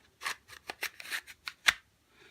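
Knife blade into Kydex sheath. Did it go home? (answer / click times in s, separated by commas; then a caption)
yes / 1.7 s. A BCK tactical combat knife with a newly finished handle is pushed into its Kydex sheath, making a series of short scraping, rattling ticks from about 0.2 to 1.5 s. A sharp, loud click at 1.7 s marks the retention snapping the blade in place, leaving the knife fully seated and held firmly in the sheath.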